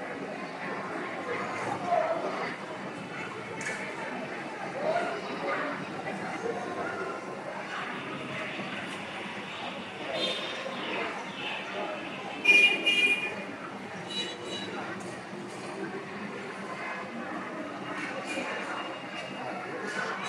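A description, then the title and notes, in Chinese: Medicine Buddha chanting at Xiamen's Shishi Chan Monastery forms a dense, steady murmur of voices, with a brief bright ring around twelve seconds. 厦门石室禅院，药师如来。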